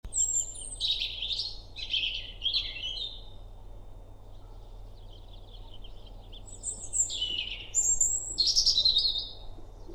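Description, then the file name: European robin singing two high, thin warbling phrases of sweet whistles and trills, separated by a pause of about three seconds, over a faint low hum. "Erithacus rubecula"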